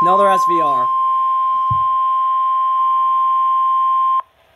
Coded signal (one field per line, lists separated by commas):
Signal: Emergency Alert System (SAME) tones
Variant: 1050 Hz attention tone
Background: speech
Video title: EAS 134 SVR